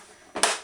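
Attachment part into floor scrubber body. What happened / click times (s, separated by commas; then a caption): The plastic part snapped into place in the machine body / 0.4 s. An attachment part is pushed by hand into the body of a Hoover Floormate floor scrubber in a laundry room. A dull thump at 0.4 seconds is followed closely by a sharp, brighter click at 0.4 seconds that fades over about a quarter second. The part clicks into place and is seated.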